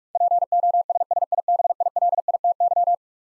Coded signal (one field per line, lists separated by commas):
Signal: Morse code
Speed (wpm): 46 wpm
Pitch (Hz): 700 Hz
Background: none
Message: POSSIBILITY